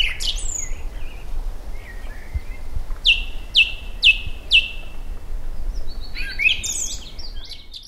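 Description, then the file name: Eurasian blackbird song: short warbled phrases, then four sharp, high descending notes repeated about every half second, ending in a squeaky twitter, over low background rumble. "Koltrast"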